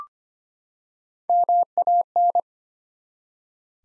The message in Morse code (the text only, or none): MAN